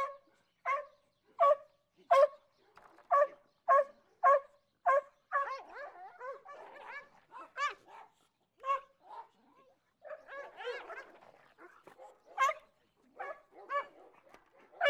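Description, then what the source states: Dogs in a scuffle: a regular run of sharp barks at first, then overlapping snarls, growls and high yelps, ending with another run of barks. Dogs fighting.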